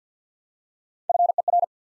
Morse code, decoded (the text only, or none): FER